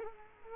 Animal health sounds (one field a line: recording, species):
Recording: mosquito wingbeat signal from an infrared sensor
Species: Culex quinquefasciatus